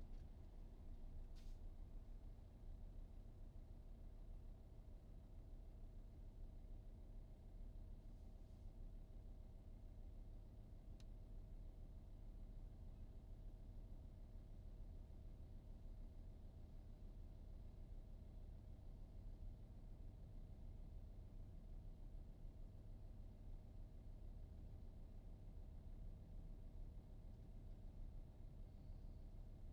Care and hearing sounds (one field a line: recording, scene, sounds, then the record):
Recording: everyday scene through a hearing-aid microphone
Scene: in a vehicle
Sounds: engine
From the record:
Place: VW T5 Caravelle, diesel engine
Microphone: in the ear canal, right